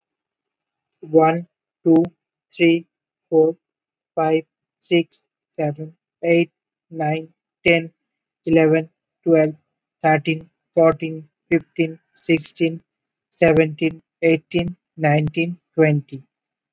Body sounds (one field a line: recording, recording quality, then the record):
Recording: counting at a normal pace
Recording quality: excellent, no background noise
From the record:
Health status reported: recovered from COVID-19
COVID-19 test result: positive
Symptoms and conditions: fatigue, loss of smell and taste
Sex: male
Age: 34 years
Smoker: not ticked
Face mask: not worn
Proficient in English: yes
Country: India